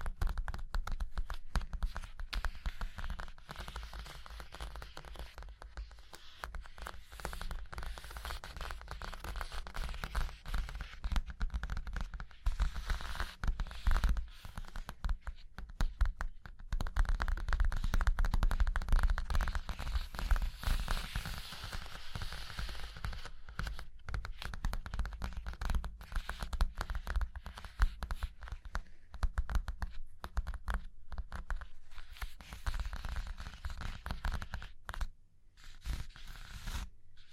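Fingers tap, scratch and trace across a surface in a continuous, busy stream of small dry clicks and rasps. The texture is dense and irregular throughout, with a steady low rumble underneath and slightly louder stretches around the middle, easing near the end.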